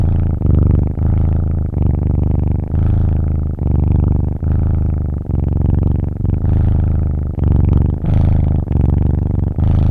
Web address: مجموعه افکت صدا حیوانات SES Animals SFX Kitten Purring